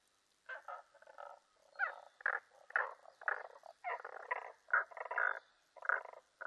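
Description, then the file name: Tago's brown frog giving loud, rough croaking bursts, repeated about twice a second in uneven groups. Recorded 15 May 2005. "050515 tagogaeru"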